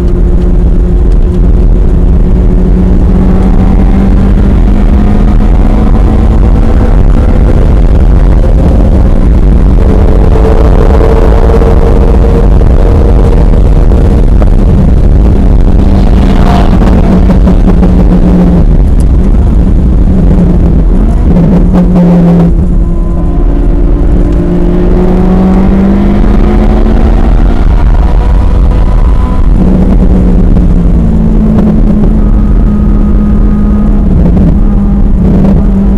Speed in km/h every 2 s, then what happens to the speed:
127, 138, 155, 164, 167, 172, 172, 163, 153, 127, 92, 95, 119, 132, 132, 114, 111, 108.
0-12 speeds up to 172. 12-20 brakes to 92. 20-26 speeds up to 132. 26-36 slows to 108.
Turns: 29-36.